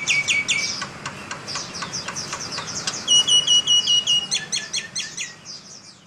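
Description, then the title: Nias hill myna song of high chirps and short whistled tones held at steady pitch, repeated quickly, over steady background hiss. Loud, actively singing bird; recording intended as a model for training other songbirds (masteran). "Burung Jalak Nias Gacor Suara Super Gledek Untuk Masteran"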